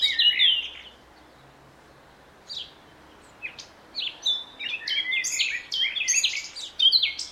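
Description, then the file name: Eurasian blackcap song: a brief warbled phrase, scattered single chips, then a rapid rich run of high varied notes. "Sylvia atricapilla"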